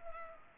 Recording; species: mosquito wingbeat signal from an infrared sensor; Culex pipiens